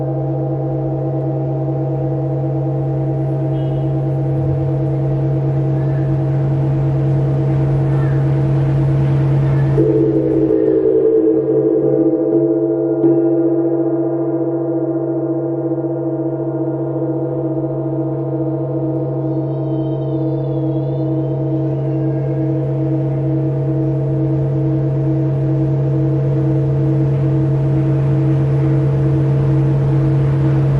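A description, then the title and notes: Gongs hum in long, steady sustained tones with a low drone, swelling with a brighter stroke around ten seconds before settling back. Siddha Gongs : Sound Healing for Universal Cleansing & Prosperity | Wellness Vibe | BodhMarga.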